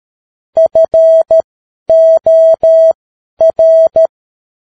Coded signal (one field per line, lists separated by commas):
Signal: Morse code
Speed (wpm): 13 wpm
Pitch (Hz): 650 Hz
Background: none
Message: FOR